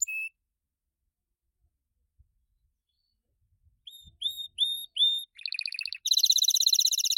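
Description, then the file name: Gloster canary song: one short note, a long pause, then clear repeated whistles, a rattling roll and a dense high trill. "canto do canario gloster"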